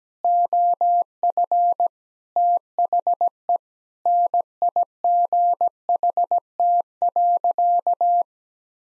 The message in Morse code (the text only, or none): OF THE NIGHT.